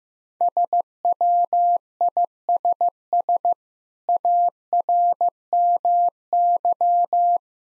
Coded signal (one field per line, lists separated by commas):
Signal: Morse code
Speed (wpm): 15 wpm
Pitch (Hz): 700 Hz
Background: none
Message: SWISS ARMY